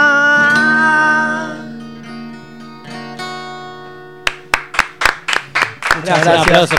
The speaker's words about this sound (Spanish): Gracias. Un aplauso para los chicos.